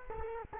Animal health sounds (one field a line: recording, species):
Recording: mosquito wingbeat signal from an infrared sensor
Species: Culex quinquefasciatus